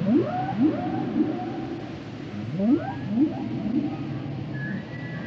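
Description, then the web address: Whale song: rising upsweeps in two clusters with level whistles, a high tone near the end, and steady low rumble throughout. "Natures Songs Whale Songs Whales and Dolphins - whale nature sounds songs"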